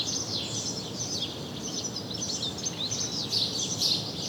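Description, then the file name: House sparrow chirping, a busy run of quick overlapping chirps above constant low rumbling noise. "Passer domesticus"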